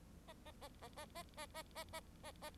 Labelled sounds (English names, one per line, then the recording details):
Bengalese Finch song
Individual Bird4